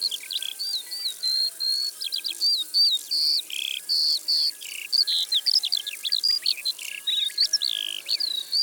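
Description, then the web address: Eurasian skylark song, a continuous rapid stream of high warbled, trilled and buzzy notes with quick slurs and rolls, sustained without pause throughout. "Alouette des champs. abc de la nature"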